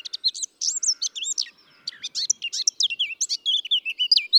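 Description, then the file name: Eurasian blackcap singing a rapid, rich warble, chattering notes mixed with loud fluty whistles that swoop up and down, with a short pause near two seconds. "Sylvia atricapilla"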